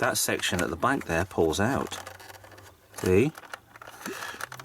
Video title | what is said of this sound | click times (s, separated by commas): Playmates Transwarping Enterprise Unboxing and Review | and that clicks into place like that | 4.4 s, 4.5 s